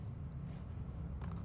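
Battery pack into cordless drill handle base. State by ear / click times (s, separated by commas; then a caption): not seated / none. A plastic 12V battery pack is being slid into the base of the handle of a Lotus 12V cordless drill, over a steady low hum with faint handling noise. Two brief, sharp handling taps come near 1.2 and 1.3 seconds. The pack is still being handled and has not yet seated or clicked into place.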